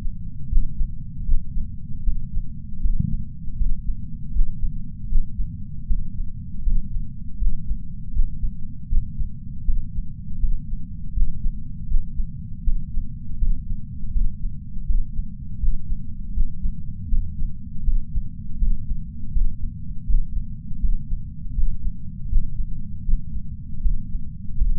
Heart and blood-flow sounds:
heart sounds by patch sensor on the chest; 80 bpm
0.49 s: heartbeat
1.25 s: heartbeat
2.04 s: heartbeat
2.81 s: heartbeat
3.57 s: heartbeat
4.33 s: heartbeat
5.09 s: heartbeat
5.87 s: heartbeat
6.63 s: heartbeat
7.38 s: heartbeat
8.13 s: heartbeat
8.89 s: heartbeat
9.65 s: heartbeat
10.40 s: heartbeat
11.14 s: heartbeat
11.88 s: heartbeat
12.64 s: heartbeat
13.38 s: heartbeat
14.12 s: heartbeat
14.86 s: heartbeat
15.60 s: heartbeat
16.34 s: heartbeat
17.09 s: heartbeat
17.84 s: heartbeat
18.58 s: heartbeat
19.32 s: heartbeat
20.06 s: heartbeat
20.80 s: heartbeat
21.55 s: heartbeat
22.29 s: heartbeat
23.05 s: heartbeat
23.82 s: heartbeat
24.57 s: heartbeat
From the record:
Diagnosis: coronary artery disease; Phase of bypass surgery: intraoperative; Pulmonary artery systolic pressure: 21 mmHg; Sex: male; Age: 60 years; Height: 180 cm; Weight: 100 kg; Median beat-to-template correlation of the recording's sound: 0.80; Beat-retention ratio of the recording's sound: 1.00

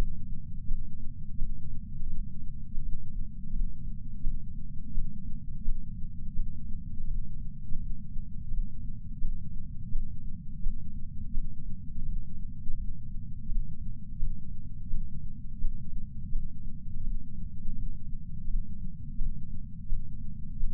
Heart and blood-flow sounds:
heart sounds by patch sensor on the chest; 84 bpm
0.66 s: heartbeat
1.36 s: heartbeat
2.08 s: heartbeat
2.79 s: heartbeat
3.50 s: heartbeat
4.21 s: heartbeat
4.92 s: heartbeat
5.63 s: heartbeat
6.34 s: heartbeat
7.05 s: heartbeat
7.77 s: heartbeat
8.48 s: heartbeat
9.19 s: heartbeat
9.90 s: heartbeat
10.61 s: heartbeat
11.32 s: heartbeat
12.03 s: heartbeat
12.75 s: heartbeat
13.46 s: heartbeat
14.17 s: heartbeat
14.88 s: heartbeat
15.59 s: heartbeat
16.30 s: heartbeat
17.01 s: heartbeat
17.73 s: heartbeat
18.45 s: heartbeat
19.16 s: heartbeat
19.87 s: heartbeat
20.58 s: heartbeat
From the record:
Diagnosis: coronary artery disease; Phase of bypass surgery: postoperative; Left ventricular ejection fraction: 68.7%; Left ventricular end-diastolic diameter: 42 mm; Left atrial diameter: 41 mm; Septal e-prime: 3.9 cm/s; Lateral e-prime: 4.9 cm/s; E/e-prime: 19.8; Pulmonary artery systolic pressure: 30 mmHg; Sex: female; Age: 73 years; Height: 160 cm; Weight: 70 kg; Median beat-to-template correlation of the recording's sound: 0.85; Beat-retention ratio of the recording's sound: 0.98

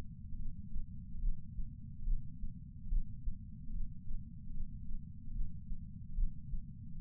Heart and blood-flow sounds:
heart sounds by patch sensor on the chest; 73 bpm
0.36 s: heartbeat
1.19 s: heartbeat
2.04 s: heartbeat
2.88 s: heartbeat
3.71 s: heartbeat
4.51 s: heartbeat
5.32 s: heartbeat
6.14 s: heartbeat
6.97 s: heartbeat
From the record:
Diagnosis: coronary artery disease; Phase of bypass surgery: preoperative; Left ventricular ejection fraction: 32.2%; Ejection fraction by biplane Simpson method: 32%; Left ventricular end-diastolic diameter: 64 mm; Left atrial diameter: 40 mm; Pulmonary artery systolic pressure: 18 mmHg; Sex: male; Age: 49 years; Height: 175 cm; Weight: 80 kg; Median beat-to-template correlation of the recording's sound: 0.84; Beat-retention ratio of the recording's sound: 1.00

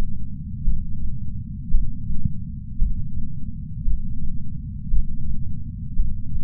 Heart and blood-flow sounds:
heart sounds by patch sensor on the chest; 56 bpm
0.64 s: heartbeat
1.71 s: heartbeat
2.78 s: heartbeat
3.84 s: heartbeat
4.90 s: heartbeat
5.96 s: heartbeat
From the record:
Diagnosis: coronary artery disease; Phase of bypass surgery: intraoperative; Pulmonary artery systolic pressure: 30 mmHg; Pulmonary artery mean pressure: 21 mmHg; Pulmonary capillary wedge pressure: 19 mmHg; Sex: male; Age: 57 years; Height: 183 cm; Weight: 85 kg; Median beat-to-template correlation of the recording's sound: 0.88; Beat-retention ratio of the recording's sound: 1.00

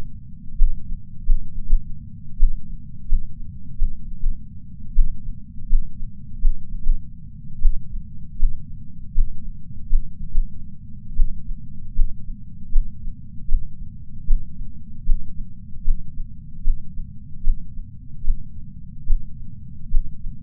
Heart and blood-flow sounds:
heart sounds by patch sensor on the chest; 75 bpm
0.58 s: heartbeat
1.26 s: heartbeat
1.63 s: heartbeat
2.39 s: heartbeat
3.09 s: heartbeat
3.78 s: heartbeat
4.95 s: heartbeat
5.69 s: heartbeat
6.41 s: heartbeat
7.62 s: heartbeat
8.39 s: heartbeat
9.14 s: heartbeat
9.89 s: heartbeat
11.16 s: heartbeat
11.95 s: heartbeat
12.72 s: heartbeat
13.49 s: heartbeat
14.27 s: heartbeat
15.05 s: heartbeat
15.84 s: heartbeat
16.64 s: heartbeat
17.44 s: heartbeat
18.24 s: heartbeat
19.06 s: heartbeat
19.90 s: heartbeat
From the record:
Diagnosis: coronary artery disease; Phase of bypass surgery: intraoperative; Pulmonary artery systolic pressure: 28 mmHg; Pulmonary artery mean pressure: 20 mmHg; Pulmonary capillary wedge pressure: 13 mmHg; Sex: male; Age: 57 years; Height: 172 cm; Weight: 86 kg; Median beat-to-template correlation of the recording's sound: 0.92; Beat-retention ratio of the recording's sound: 0.99

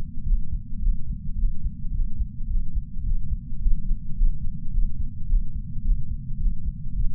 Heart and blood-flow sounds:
heart sounds by patch sensor on the chest; 108 bpm
0.26 s: heartbeat
0.81 s: heartbeat
1.37 s: heartbeat
1.93 s: heartbeat
2.49 s: heartbeat
3.05 s: heartbeat
3.61 s: heartbeat
4.17 s: heartbeat
4.73 s: heartbeat
5.29 s: heartbeat
5.84 s: heartbeat
6.39 s: heartbeat
6.95 s: heartbeat
From the record:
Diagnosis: coronary artery disease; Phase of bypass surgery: postoperative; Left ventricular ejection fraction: 58.9%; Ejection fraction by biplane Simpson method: 44.4%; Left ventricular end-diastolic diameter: 54 mm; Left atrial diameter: 37 mm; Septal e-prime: 4.3 cm/s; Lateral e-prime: 5.9 cm/s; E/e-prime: 16.9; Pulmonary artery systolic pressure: 25 mmHg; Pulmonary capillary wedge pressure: 7 mmHg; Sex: male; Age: 66 years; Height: 165 cm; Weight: 65 kg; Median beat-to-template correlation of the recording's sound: 0.77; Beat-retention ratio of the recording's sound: 0.99

